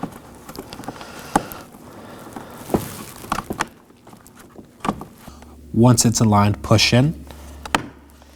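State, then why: Seated. On a 2018-2024 Chevrolet Equinox front door, the interior door handle release cable is aligned and its cable end is pushed into the handle's plastic retainer while someone talks, with light handling taps along the way. A sharp click at 7.8 s marks the cable end seating, and it is confirmed secure.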